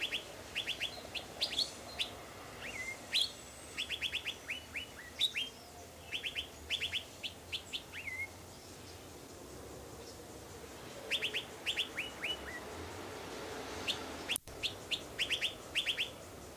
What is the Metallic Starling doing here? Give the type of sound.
song